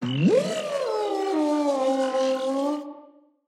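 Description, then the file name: Dog howl, a single drawn-out cry that swoops sharply upward, then holds a steady, slowly falling tone before fading, with a hissy background. "Laika Howl"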